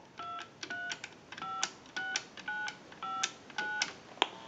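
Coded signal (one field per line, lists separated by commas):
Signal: DTMF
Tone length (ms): 200 ms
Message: 2356959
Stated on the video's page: DTMF tones from a Cincinnati Bell payphone during initial checkout and repair.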